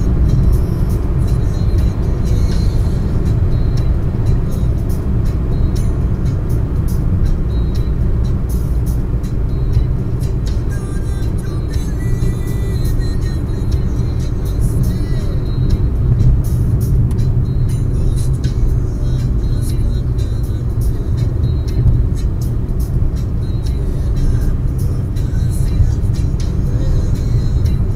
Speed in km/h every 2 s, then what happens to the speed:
142, 139, 137, 130, 124, 123, 124, 120, 112, 106, 109, 115, 118, 116.
0-8 slows to 124. 12-18 slows to 106. 18-23 speeds up to 118.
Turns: none.